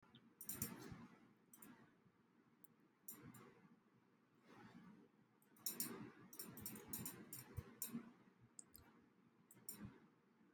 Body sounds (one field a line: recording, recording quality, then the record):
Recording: sustained vowel as in beet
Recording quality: moderate, slight background noise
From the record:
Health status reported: healthy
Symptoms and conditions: chronic lung disease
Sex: male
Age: 26 years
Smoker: not ticked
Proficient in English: yes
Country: India